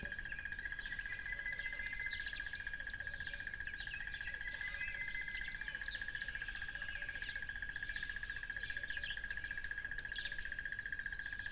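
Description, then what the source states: Crickets give a steady, high, unbroken trill throughout, while many birds add quick chirps and sweeping whistled notes above it. Crickets beside a lively tropical river.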